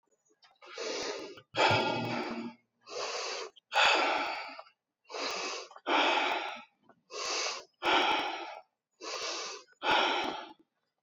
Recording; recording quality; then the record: deep breathing; excellent, no background noise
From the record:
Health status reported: healthy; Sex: male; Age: 36 years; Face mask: not worn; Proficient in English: yes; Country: United States